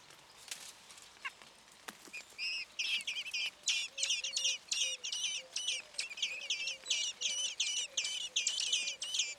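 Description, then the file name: Common blackbird calls: a few scattered clicks, then from about two seconds a brisk run of high, metallic notes, roughly three per second, with a soft low hooting tone beneath. "Turdus merula"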